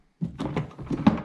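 A plastic deck pod that holds the battery is unsnapped from the deck opening of a Bonafide SS107 Black Widow kayak so it can be removed. Two sharp snap releases are heard at 0.6 s and 1.1 s over low rustling and thumping handling noise. The pod comes free.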